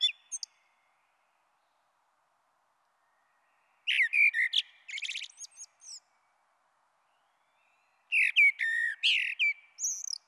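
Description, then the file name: Common blackbird song: two warbled phrases a few seconds apart, rich low whistles ending in rapid high twittering. "Merle Noir"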